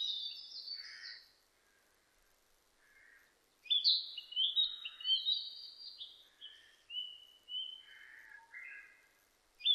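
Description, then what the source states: Narcissus flycatcher gives high whistled trills and a long run of sliding notes, mixed with several lower husky buzzes. Recorded 25 April 2006.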